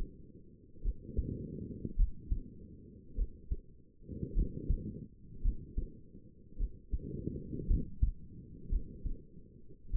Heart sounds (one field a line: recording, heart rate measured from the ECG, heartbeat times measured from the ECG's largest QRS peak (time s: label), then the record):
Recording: heart sounds by stethoscope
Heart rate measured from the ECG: 53 bpm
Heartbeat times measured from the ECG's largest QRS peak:
0.83 s: heartbeat
1.97 s: heartbeat
3.16 s: heartbeat
4.35 s: heartbeat
5.43 s: heartbeat
6.58 s: heartbeat
7.68 s: heartbeat
8.70 s: heartbeat
9.91 s: heartbeat
From the record:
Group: healthy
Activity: rest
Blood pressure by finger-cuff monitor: 95/58 mmHg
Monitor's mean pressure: 71 mmHg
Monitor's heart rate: 52 bpm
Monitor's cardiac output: 4.8 L/min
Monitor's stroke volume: 92 mL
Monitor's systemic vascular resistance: 1060 dyn s/cm5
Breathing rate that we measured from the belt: 20 breaths a minute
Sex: female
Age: 28 years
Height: 170 cm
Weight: 77 kg